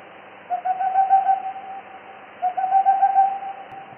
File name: Zvuki prirody Sych mohonogiy